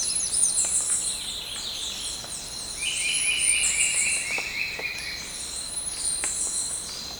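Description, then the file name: Bird giving a fast run of short repeated notes over a steady high-pitched background noise. "SABIOD 50 bird 2015"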